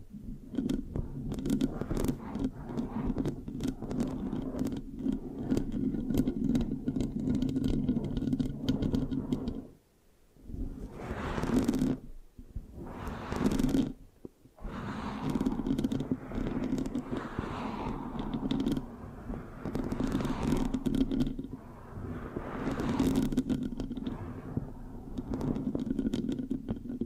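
Mic scratching with a sticky, rough texture runs almost without pause, a dense low rumble under crackly scraping and quick clicks. Around 10 and 13 seconds it briefly drops to near silence, then resumes with swelling strokes that brighten and fade several times.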